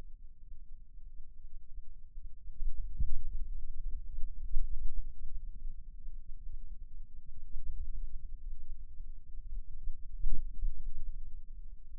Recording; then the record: forearm muscle sounds (acoustic myography)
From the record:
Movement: finger pinch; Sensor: system 2, bracelet of six BSWA MPA416 microphones around the upper forearm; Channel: 5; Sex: male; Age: 22 years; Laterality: right